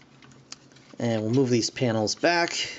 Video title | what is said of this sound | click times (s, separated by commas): MP-43 BEAST WARS MASTERPIECE MEGATRON REVIEW | come to the back here and you can see the robot mode pelvis we're just gonna spread that out and it's gonna pop into place like that | 0.5 s